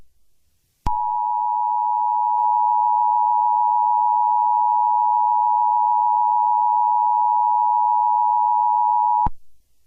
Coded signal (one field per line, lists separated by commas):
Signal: Emergency Alert System (SAME) tones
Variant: 853 and 960 Hz attention tone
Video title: EAS scenario 25: Mickey error 6: The Return of Mickey error: Wait it’s not over yet